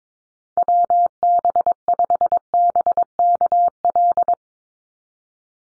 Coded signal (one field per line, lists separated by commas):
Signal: Morse code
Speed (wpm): 22 wpm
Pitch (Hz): 700 Hz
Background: none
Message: WB5BKL